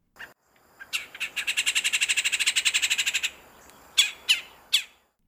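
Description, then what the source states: Red-bellied Woodpecker rolling call, a fast even trill of rattling notes lasting about two and a half seconds, then three sharp separate notes. Rolling call usually serves as a territorial or alarm call, often when a rival of the same species is nearby; recorded by Paul Marvin, from Xeno-Canto.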